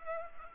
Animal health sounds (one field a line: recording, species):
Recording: mosquito wingbeat signal from an infrared sensor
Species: Culex pipiens